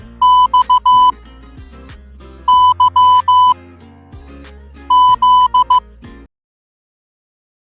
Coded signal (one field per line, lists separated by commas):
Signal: Morse code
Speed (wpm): 15 wpm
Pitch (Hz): 1000 Hz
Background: music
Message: X Y Z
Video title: MORSE CODE WITH SOUND EFFECTS